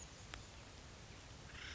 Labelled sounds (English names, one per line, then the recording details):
Acorn Woodpecker
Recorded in Sonoma County, California